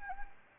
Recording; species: mosquito wingbeat signal from an infrared sensor; Anopheles gambiae